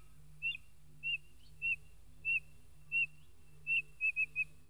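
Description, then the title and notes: Spotted nothura whistling a series of separate high piping notes at a steady pace, speeding into three quick notes at the end; steady low hum throughout. Its most characteristic call, heard all year, sounds much like a cricket; a walking bird with straight, low flight, living in low open grassland, natural or cultivated, and along roadsides. "Inambú. Perdíz (Nothura maculosa)"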